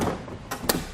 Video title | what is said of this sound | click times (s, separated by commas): etrailer - 2014 Jeep Grand Cherokee Roadmaster Direct-Connect Base Plate Kit: Complete Installation | our fascia snapped back into place | 0.5 s, 0.7 s